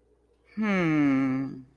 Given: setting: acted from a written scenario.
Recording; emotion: vocal sound without words; confusion